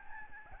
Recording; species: mosquito wingbeat signal from an infrared sensor; Aedes albopictus